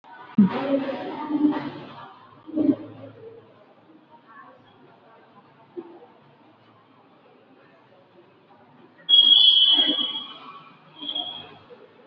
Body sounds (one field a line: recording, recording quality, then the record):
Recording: deep breathing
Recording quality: poor, much background noise or distortion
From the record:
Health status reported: recovered from COVID-19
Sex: female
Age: 51 years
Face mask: worn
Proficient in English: yes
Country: India